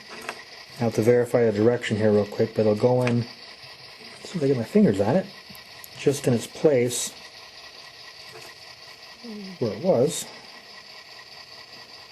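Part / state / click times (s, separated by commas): wiring harness plug into locomotive lightboard / not seated / none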